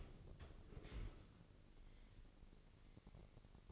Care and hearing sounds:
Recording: daily activity, microphone in the room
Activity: open dishwasher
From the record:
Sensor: 4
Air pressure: 1013.2 hPa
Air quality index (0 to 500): 177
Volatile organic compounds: 2 ppm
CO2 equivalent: 1114 ppm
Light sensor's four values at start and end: 87/216/90/93 and 86/215/89/92

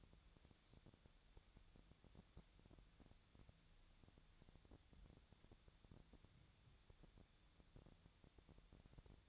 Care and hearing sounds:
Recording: daily activity, microphone in the room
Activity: wipe stove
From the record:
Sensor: 3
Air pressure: 1007.0 hPa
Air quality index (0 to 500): 204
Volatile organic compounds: 18 ppm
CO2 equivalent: 2603 ppm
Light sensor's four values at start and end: 11/26/11/10 and 11/26/11/11

